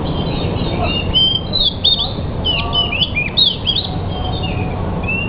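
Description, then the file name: Pied bush chat song: bursts of high, scratchy twittering and short whistled slurs, repeated throughout over a steady low rumbling background noise. Indonesian name decu; bird described as 'sudah jadi' (finished). "suara-burung-decu-sudah-jadi omkicau"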